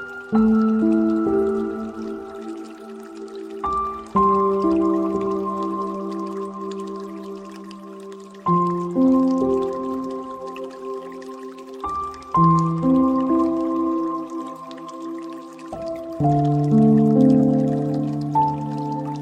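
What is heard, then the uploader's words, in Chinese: Soft, light piano music plays over a faint, steady trickle of flowing water. Gentle chords change roughly every four seconds, each struck note ringing and slowly fading, while the quiet watery hiss continues underneath throughout. 30分钟钢琴轻音乐 水流声。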